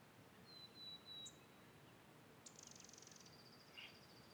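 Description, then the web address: Birds: a long, thin, high whistle, then a quick fluttering trill and a short chirp, over soft wind rush. Spring field ambience in the Pacific Northwest, with wind, recorded in mid-side stereo. "Raconteur Sound - Spring in the Pacific Northwest- Ambiences Amb, Field, Birds, Wind"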